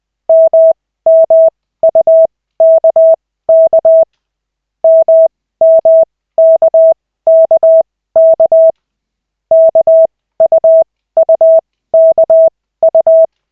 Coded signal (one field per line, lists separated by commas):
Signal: Morse code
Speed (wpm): 20 wpm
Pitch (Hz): 650 Hz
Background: none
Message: MMUKK MMKKK KUUKU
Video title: Koch 2/40, 11.12.2024, 4th CW practice session